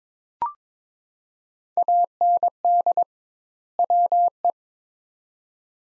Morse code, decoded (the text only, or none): AND WE